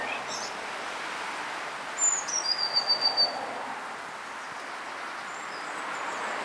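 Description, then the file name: Eurasian blue tit call: one very high thin note slides down into a rapid pulsed trill, heard once against steady background hiss. "Cyanistes caeruleus"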